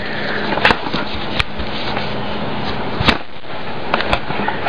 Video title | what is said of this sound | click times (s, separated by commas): Topeak Pocket Rocket Master Blaster Pump Review | I'll just show you how the pump I usually put it down like this snaps into place sorry | 0.7 s